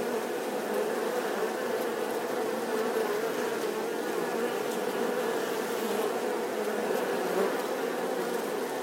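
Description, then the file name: Many wasps buzzing at once, a continuous low hum. Wasp swarm buzzing outside the nest. "Tieng bay ong vo ve ngoai to"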